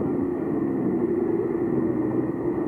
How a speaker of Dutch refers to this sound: Ja, maar ja, dat zijn die bussen, hè? Hé? Dat zijn die bussen op de Carnotstraat.